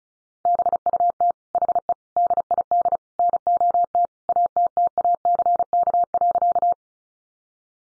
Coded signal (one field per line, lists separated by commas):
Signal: Morse code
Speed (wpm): 34 wpm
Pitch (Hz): 700 Hz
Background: none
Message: BUT HE DID NOT ATTACK.